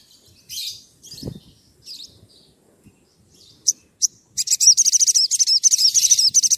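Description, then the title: Oriental magpie-robin song: scratchy high notes and two sharp chips, then a dense, fast, repeated high chattering sequence running to the end. Lively, actively singing (gacor) bird's song used as a lure to prompt other magpie-robins to answer. "Pancingan Suara Siulan Kacer Gacor Mantap Untuk Memancing Kacer Lain Agar Mau Nyaut Bunyi"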